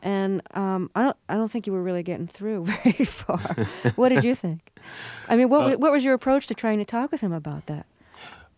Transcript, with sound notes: And I don't think you were really getting through very far.
(LAUGHTER)
What did you think? I mean, what was your approach to trying to talk with him about that?